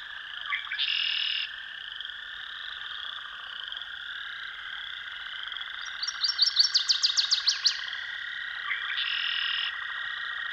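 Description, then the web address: Northern waterthrush song: a loud burst of about ten sharp, ringing notes that quicken and slur downward near the end, over a steady frog chorus and two short buzzy trills. "Dan Gibson's Solitudes Songbirds. Northern Waterthrush"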